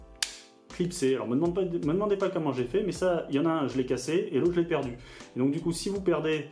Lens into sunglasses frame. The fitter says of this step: après vous clipser